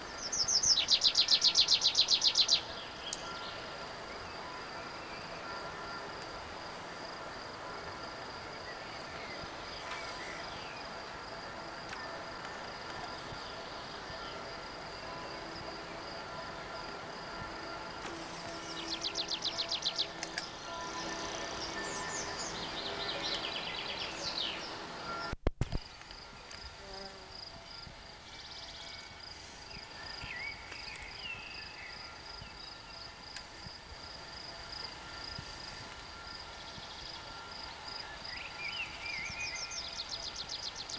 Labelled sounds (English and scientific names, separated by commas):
Tree Pipit (Anthus trivialis) song